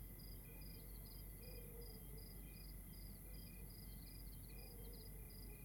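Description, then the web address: Cricket chorus of brief high chirps repeated rapidly in uneven rhythm, a steady thin whine running throughout and a low rumbling background. Outdoors at night in Rwanda. "Monte Sound - Atmospheres of Rwanda AMB External Rwanda Night Crickets"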